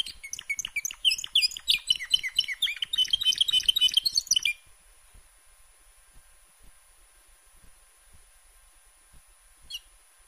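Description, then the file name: Canary pouring out a rapid, rich warble for several seconds, then near silence with one faint chirp. "Canary Voice"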